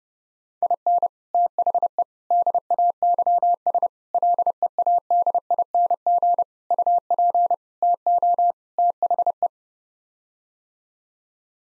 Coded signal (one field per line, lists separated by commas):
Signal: Morse code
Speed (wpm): 30 wpm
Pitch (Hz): 700 Hz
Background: none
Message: IN THE DAYS LEADING UP TO THE